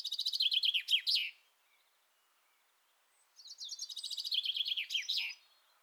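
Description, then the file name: Common chaffinch song: the end of one descending trilled phrase of bright, rapid notes, then about two seconds of quiet, then a full second phrase; both end in a sharp flourish. "Fringilla coelebs"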